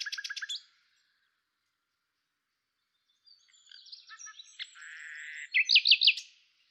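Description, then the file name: Common nightingale giving a fast burst of repeated sharp notes, a pause of about three seconds, then a jumble of varied whistles, a buzzy stretch and loud looping notes. "Luscinia megarhynchos"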